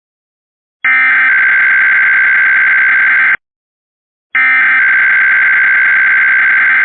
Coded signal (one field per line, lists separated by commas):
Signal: Emergency Alert System (SAME) tones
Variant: header bursts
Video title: EAS Recreation Short (02/24/25): IPAWS OPEN CAP EAS Test